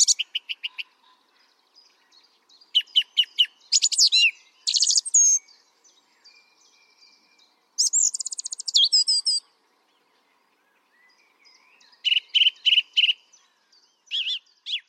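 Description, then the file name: Song thrush singing bursts of rapid repeated notes and whistled phrases, separated by pauses. "singdrossel"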